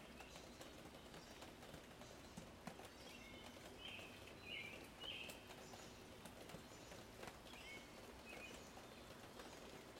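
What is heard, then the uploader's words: Raindrops fall from a roof in a steady, dense patter, with sharper individual drips landing irregularly throughout. Birds call in short, bright chirps in the background, clustered around the middle and again near the end, over a low constant hush. Rain drops from the roof.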